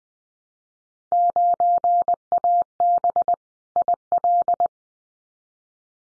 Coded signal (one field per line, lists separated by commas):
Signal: Morse code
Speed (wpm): 20 wpm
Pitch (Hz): 700 Hz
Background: none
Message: 9AB IL